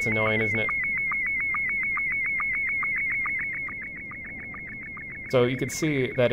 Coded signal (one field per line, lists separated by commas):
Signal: SSTV (slow-scan television)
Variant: Scottie 1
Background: speech